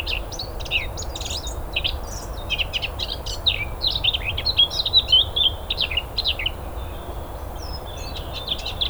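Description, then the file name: Eurasian blackcap delivering a lively, continuous warble of rapid chirps and short whistled phrases that swell briefly in the middle, over a steady low background noise. "Sylvia atricapilla"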